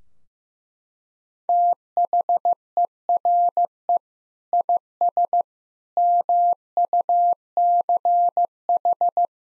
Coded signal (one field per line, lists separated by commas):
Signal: Morse code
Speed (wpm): 15 wpm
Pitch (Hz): 700 Hz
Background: none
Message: THERE IS MUCH